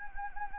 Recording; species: mosquito wingbeat signal from an infrared sensor; Anopheles gambiae